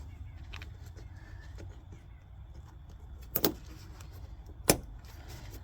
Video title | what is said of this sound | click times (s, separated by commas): Sending Unit Install | There we go. Snapped right in. | 4.7 s